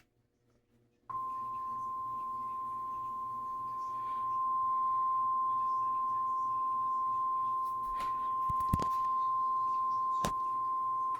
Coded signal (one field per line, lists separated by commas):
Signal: Emergency Alert System (SAME) tones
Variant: 1050 Hz attention tone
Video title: RARE!!! EAS Civil Danger Warning on TV!!! (CREEPY, STOCKER)